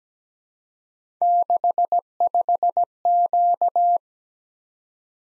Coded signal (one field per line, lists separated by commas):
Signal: Morse code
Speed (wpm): 17 wpm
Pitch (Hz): 700 Hz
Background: none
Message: 65Q